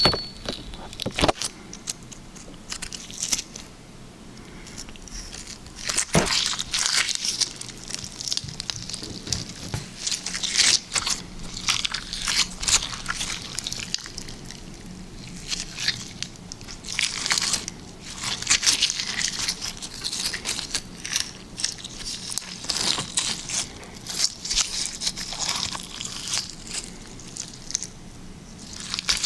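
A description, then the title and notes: Liquid slime being squished and worked, with a constant stream of wet, sticky crackles and pops that bunch into denser bursts every few seconds. The sound is bright and crisp, with sharp squelches near 6 and 23 seconds and a faint low hum underneath. Liquid Slime ASMR.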